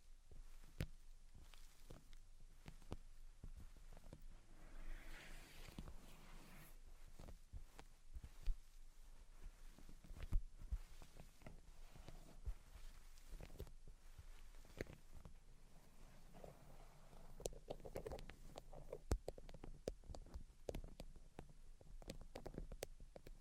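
Tapping, scratching and tracing sounds run through the whole stretch as dense, irregular clicks and taps. A brighter rubbing swell comes in around five to seven seconds and again near seventeen to twenty. A low rumble sits underneath throughout.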